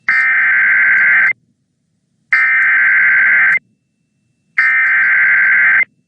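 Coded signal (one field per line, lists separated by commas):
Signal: Emergency Alert System (SAME) tones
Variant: header bursts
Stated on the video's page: Severe thunderstorm warning on an FM radio station, replayed from Google Drive.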